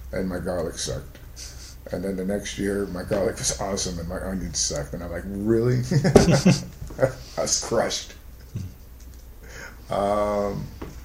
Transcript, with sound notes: And my garlic sucked. Then the next year, my garlic was awesome and my onions sucked, and I'm like “Really?” [Laughter.] I was crushed. I'm